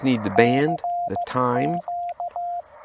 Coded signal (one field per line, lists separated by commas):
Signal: Morse code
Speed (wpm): 15 wpm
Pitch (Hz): 700 Hz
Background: speech, radio noise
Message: CQ